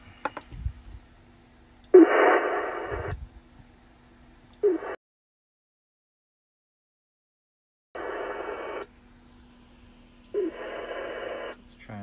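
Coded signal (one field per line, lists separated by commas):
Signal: HF data modem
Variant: VARA HF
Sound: several bursts of dense hissy data noise with abrupt starts and stops, gaps between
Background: radio static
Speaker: I'll turn it up so you can hear [Applause] [Music] it transmitting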